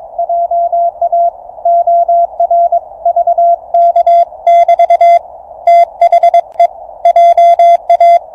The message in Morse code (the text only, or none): JA OR VK<BT> THE JA